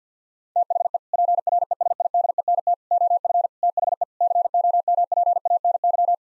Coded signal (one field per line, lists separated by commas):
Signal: Morse code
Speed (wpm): 50 wpm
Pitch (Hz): 700 Hz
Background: none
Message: THE PRESIDENT OF THE COMPANY